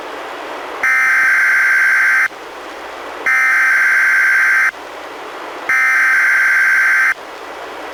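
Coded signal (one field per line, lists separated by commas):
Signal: Emergency Alert System (SAME) tones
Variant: header bursts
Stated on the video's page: NWR Required Weekly Test from NWS Portland, relayed by an NWR station, received on a Reecom R-1630 weather radio and recorded directly from the radio.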